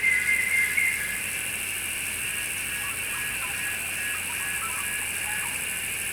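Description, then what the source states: Cicada drone, steady layered high buzzing that carries unchanged throughout, with a brief thin whistle at the start. Recorded in summer.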